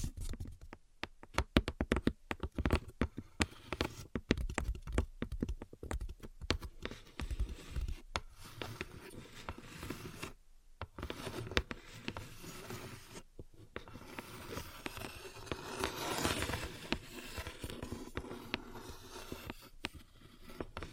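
Tapping and scratching: quick, irregular taps crowd the first eight seconds, sharp and clicky like keys or hooves on a hard surface. After a brief silence near ten seconds, the sound turns into softer, steadier scratching with fewer taps and another short pause around thirteen seconds.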